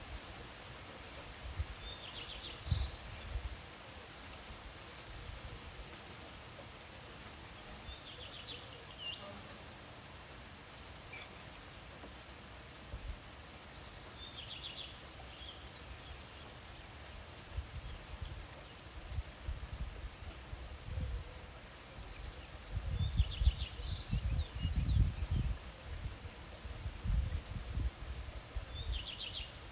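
Light rain falls as a soft, steady hiss across the whole half minute. A small bird repeats a short, bright trill about every six seconds. Low, dull rumbles and thumps rise underneath, heaviest around twenty-three to twenty-six seconds.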